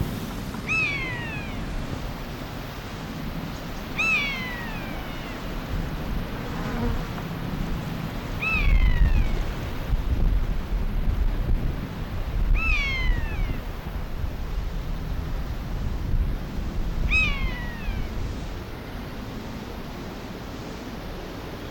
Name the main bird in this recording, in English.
Common Buzzard